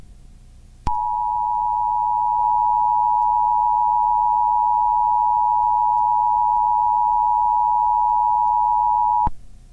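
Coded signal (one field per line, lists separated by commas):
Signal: Emergency Alert System (SAME) tones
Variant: 853 and 960 Hz attention tone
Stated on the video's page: Fictional EAS scenario, not a real alert.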